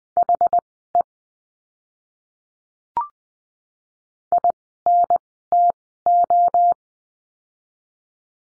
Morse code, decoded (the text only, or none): HE INTO